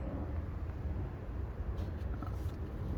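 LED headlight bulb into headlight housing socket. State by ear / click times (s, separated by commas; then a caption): not seated / none. An Auxito LED headlight bulb is handled at the headlight housing socket, about to be pushed back in and turned clockwise to lock, over a steady low rumble with a couple of faint handling ticks near 2.1 and 2.2 seconds. The clip ends just before the bulb goes home, and nothing has seated or clicked yet.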